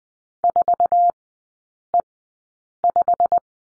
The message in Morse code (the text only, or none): 4E5